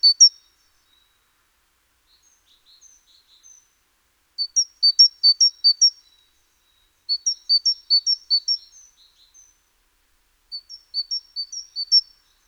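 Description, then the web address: Great tit repeating its two-note song phrase in several bursts of a few pairs, with faint scattered notes in the quieter stretches. "SETE Parus major"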